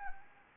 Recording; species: mosquito wingbeat signal from an infrared sensor; Anopheles gambiae